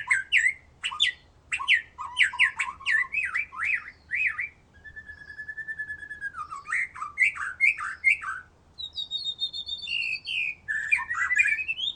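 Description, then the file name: White-rumped shama song mixing rapid chattering notes, a long steady whistle held for about a second, then more varied whistled and squeaky phrases. "murai batu"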